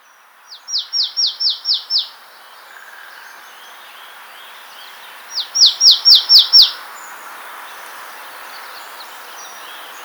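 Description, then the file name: Marsh tit delivering two bursts of five or six clipped, descending high chips, separated by about three seconds of quiet hiss. "Poecile palustris"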